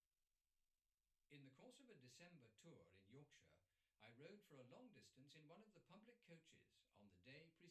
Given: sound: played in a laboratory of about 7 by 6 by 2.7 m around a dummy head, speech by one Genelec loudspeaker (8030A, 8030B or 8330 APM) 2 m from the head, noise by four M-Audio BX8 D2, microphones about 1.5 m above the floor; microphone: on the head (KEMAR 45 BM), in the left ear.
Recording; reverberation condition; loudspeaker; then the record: male speech in English; low; 30 degrees to the right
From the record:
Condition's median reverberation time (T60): about 310 ms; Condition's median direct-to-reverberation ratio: about 3.5 dB